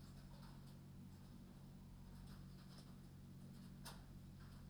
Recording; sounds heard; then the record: poultry house recording; no chicken sound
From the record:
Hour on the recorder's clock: 22